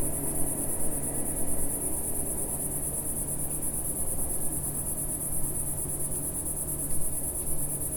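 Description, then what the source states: Cicada song, a constant thin high-pitched drone with no pauses, over a gentle low background hum. Single cicada singing in early evening warmth in a garden with lavender and myrtle bushes, small village in Picardy, northern France.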